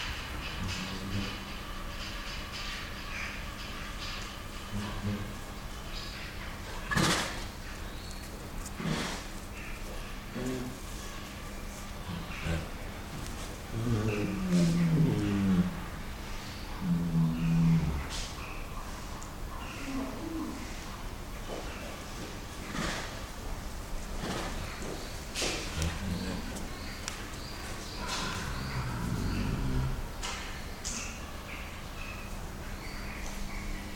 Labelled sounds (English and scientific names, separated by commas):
Tiger (Panthera tigris)